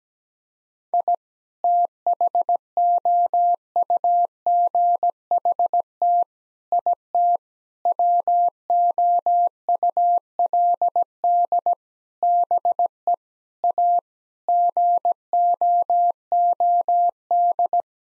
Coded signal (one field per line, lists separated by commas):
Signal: Morse code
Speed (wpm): 17 wpm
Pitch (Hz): 700 Hz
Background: none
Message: I THOUGHT IT WOULD BE A GOOD